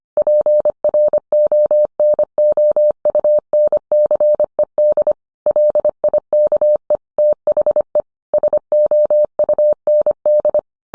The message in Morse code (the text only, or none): PRONOUNCED LIKE THE SOUND